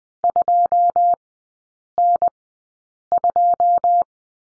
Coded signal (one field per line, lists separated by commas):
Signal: Morse code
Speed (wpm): 20 wpm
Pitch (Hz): 700 Hz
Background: none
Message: 2N2